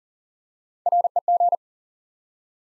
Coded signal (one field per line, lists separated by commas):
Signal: Morse code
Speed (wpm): 40 wpm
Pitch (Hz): 700 Hz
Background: none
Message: REG